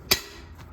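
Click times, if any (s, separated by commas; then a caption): 0.1 s. A spring pin on an adjustable weight bench (Keppi or Flybird) clicks into the next hole in the metal frame as the backrest or seat is lowered. A single sharp, bright click lands at 0.1 s, followed by a quiet stretch with only a faint soft rustle near 0.6 s. The pin seats in position.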